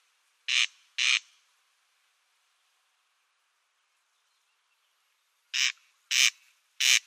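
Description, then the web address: Corn crake harsh crex-crex pair, a pause of about four seconds, then three more rasps. Display call. "Schulze Peter Corn Crake display"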